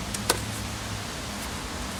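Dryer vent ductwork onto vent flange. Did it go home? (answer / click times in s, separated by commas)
yes / 0.3 s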